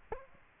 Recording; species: mosquito wingbeat signal from an infrared sensor; Aedes aegypti